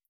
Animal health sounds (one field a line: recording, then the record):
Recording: hydrophone in a shrimp aquaculture tank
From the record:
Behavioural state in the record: feeding